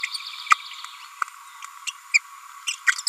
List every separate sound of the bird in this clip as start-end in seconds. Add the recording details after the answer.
0.03-0.05, 0.50-0.54, 1.87-1.91, 2.14-2.18, 2.67-2.73, 2.87-2.92. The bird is a female. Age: 30 days. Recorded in a nest box in Venezuela. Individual 17B42A4